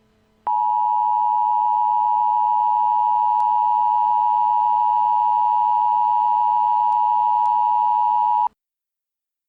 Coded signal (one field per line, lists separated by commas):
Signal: Emergency Alert System (SAME) tones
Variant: 853 and 960 Hz attention tone